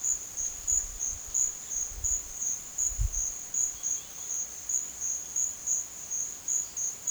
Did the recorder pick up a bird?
yes